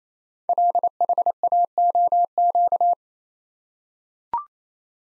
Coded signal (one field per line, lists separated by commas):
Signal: Morse code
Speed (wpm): 28 wpm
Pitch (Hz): 700 Hz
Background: none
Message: LHAOQ